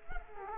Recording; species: mosquito wingbeat signal from an infrared sensor; Culex quinquefasciatus